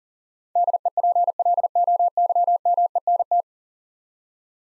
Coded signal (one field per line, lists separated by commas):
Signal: Morse code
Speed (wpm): 40 wpm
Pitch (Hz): 700 Hz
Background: none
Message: DEPLOYMENT